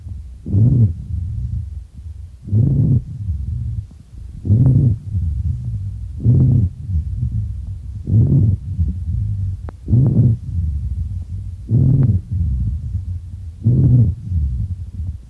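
Low-pitched, rumbling, snore-like sounds recur with each breath in a steady rhythm of about 32 a minute, heard over an adult's lungs. These are rhonchi, coarse continuous sounds made as air passes secretions or narrowing in the larger airways.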